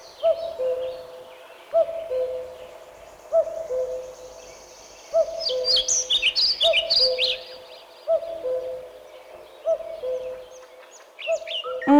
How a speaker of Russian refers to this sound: Перелетая, кукушка кочует с места на место в лесу. Она поедает гусениц, личинок разных насекомых, кричит свою знаменитую песенку «Ку-ку, ку-ку».